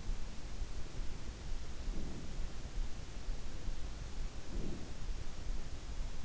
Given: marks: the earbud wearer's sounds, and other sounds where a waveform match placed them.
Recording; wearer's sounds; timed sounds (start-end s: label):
sounds in sleep by an in-ear microphone; breath
1.77-2.59 s: breath
4.33-5.10 s: breath